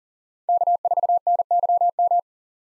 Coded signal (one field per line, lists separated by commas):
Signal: Morse code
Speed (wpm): 40 wpm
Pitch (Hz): 700 Hz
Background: none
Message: K4NYM